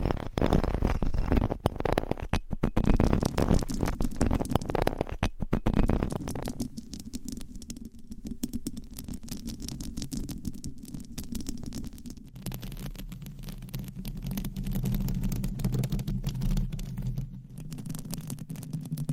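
Scratching with nails on microphone covers, dense and rough, with a rapid crackling rustle. For the first six seconds it's loud and full; after that it drops to a softer, muffled scraping with a low rumble underneath and scattered sharp ticks until the end.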